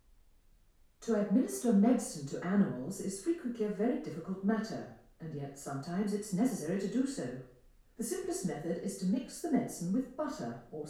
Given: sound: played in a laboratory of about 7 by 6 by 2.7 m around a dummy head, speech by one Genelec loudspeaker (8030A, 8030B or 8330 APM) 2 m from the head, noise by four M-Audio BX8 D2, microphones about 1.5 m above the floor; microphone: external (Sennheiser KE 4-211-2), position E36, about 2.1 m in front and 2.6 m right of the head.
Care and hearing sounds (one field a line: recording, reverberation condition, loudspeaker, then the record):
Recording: female speech in English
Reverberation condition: medium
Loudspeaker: 30 degrees to the left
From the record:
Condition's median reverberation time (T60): about 510 ms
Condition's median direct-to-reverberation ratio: about -0.5 dB